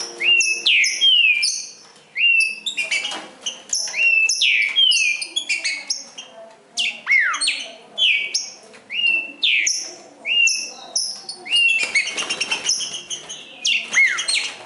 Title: Trinca Ferro NICÃO No Mato Disputando Com Solto